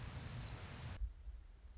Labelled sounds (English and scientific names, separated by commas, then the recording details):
Orange-crowned Warbler (Leiothlypis celata)
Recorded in Sonoma County, California